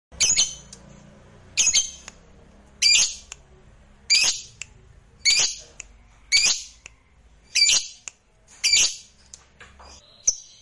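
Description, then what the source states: Lovebird squawks, harsh high screeches repeated about every 1.2 seconds, eight loud bursts with near silence between them. Fighter-type lovebird singing energetically (gacor).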